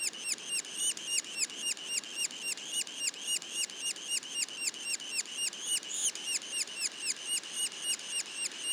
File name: pic macule. parc national du mont orford